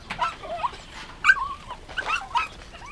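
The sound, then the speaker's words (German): Several puppies at a campsite, being fed meat, whimper and yip in overlapping high, wavering whines, with a few sharper yelps punctuating the steady stream of thin, pleading cries. “Der war inzwischen zum Campingplatz zurückgefahren und versorgte die Welpen.”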